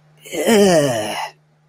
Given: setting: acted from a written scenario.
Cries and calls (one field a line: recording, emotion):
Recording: vocal sound without words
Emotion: disgust